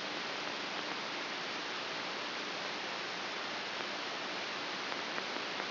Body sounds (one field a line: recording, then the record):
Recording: brain microelectrode recording played as sound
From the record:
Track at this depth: outside the subthalamic nucleus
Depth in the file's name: 6.215 mm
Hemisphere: left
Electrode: 3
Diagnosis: Parkinson's disease